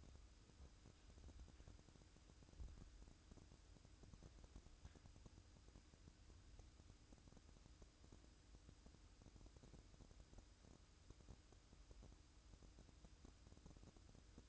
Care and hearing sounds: daily activity, microphone in the room; make coffee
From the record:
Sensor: 2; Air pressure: 1007.2 hPa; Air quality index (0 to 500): 41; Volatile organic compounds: 1 ppm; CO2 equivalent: 542 ppm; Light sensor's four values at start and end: 6/14/6/6 and 6/13/5/5

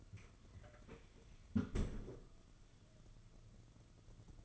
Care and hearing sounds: daily activity, microphone in the room; close fridge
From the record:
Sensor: 4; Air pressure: 995.3 hPa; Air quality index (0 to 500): 212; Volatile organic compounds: 233 ppm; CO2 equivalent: 4314 ppm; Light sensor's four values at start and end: 32/102/38/43 and 33/104/39/43

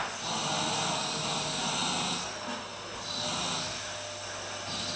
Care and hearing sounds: daily activity, microphone in the room; vacuum cleaning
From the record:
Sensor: 2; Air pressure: 1009.5 hPa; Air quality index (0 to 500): 187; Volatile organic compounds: 12 ppm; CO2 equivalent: 2325 ppm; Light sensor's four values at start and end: 25/61/26/29 and 25/60/26/28

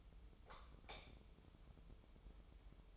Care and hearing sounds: daily activity, microphone in the room; light off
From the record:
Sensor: 1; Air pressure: 988.4 hPa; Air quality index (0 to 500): 198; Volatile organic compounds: 1000 ppm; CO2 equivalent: 5282 ppm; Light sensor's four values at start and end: 12/37/13/15 and 8/21/8/10

